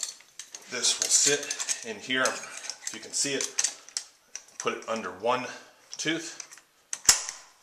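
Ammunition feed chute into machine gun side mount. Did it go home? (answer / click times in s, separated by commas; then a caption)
yes / 6.9 s, 7.1 s. Someone talks while the end of an ammunition feed chute is hooked under one tooth of the spring-loaded lever mount on the side of an M60 machine gun and pushed over. It snaps onto the other tooth with sharp metallic clicks at 6.9 and 7.1 seconds, and the chute is seated, fully mounted to the gun.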